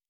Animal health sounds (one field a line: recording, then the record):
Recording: hydrophone in a shrimp aquaculture tank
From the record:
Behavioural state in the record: normal